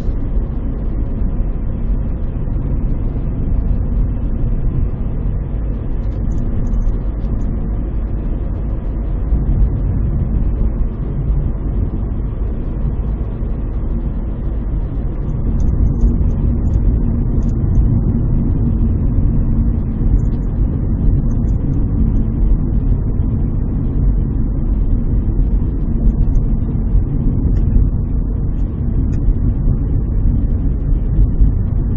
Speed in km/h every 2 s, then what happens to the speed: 59, 57, 57, 58, 59, 60, 60, 59, 59, 57, 55, 52, 50, 49, 46, 45.
0-16 steady at about 59. 16-32 slows to 45.